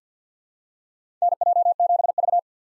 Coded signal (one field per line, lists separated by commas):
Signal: Morse code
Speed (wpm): 48 wpm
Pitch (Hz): 700 Hz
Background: none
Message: NJ7V